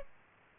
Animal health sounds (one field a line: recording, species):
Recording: mosquito wingbeat signal from an infrared sensor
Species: Aedes aegypti